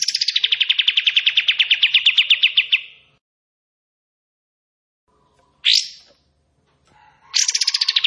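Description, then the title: Bulbul song: a rapid, slightly descending rattling trill of about three seconds, a pause, a short rising note, then another trill starting. Bird in active singing form, delivering long 'tembakan' and 'besetan' song phrases; crisp recording meant for training white-rumped shama. "KAPAS TEMBAK GACOR TEMBAKAN DAN BESETAN PANJANG"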